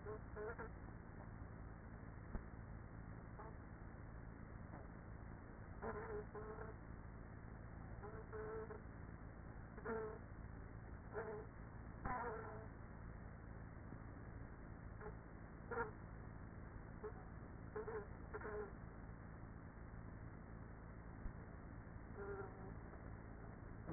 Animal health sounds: honeybee colony, microphone inside the hive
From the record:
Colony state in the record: queenless with a low population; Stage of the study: after two queens were removed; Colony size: about 30,000 bees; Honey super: no

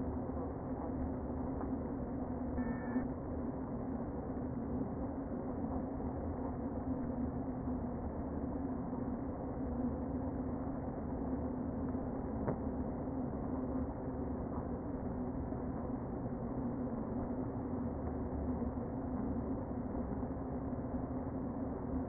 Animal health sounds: honeybee colony, microphone inside the hive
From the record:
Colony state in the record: queen present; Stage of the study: before two queens were removed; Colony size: about 60,000 bees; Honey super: yes

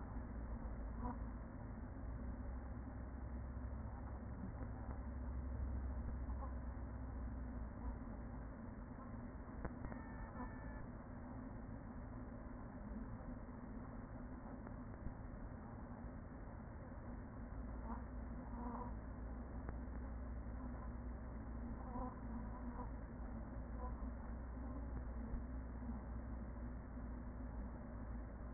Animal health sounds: honeybee colony, microphone inside the hive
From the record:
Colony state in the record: queen present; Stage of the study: after two queens were removed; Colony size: about 40,000 bees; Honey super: no

